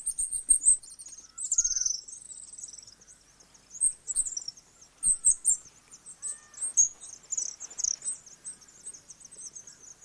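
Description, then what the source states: House swift calls, high screechy trills in scattered bursts with short pauses. Adult birds.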